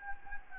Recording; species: mosquito wingbeat signal from an infrared sensor; Anopheles gambiae